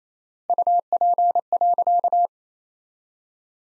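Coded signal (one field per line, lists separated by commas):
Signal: Morse code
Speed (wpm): 28 wpm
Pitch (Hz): 700 Hz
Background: none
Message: UP.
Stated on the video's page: Morse practice sentences from the top 100 words at 28 wpm with 4x standard word spacing, a Farnsworth-like method applied to words.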